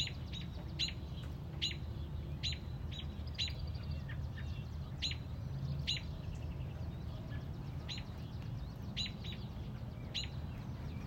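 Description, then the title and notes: Robin repeating sharp, high chips in an irregular series, sometimes in quick pairs, over continuous low background hum. Mother robin on a front porch, protecting a newly hatched chick. "A Mother Robin’s Love. Stubbled upon a Mother Robin on our front porch. Protecting a newly born baby Robin"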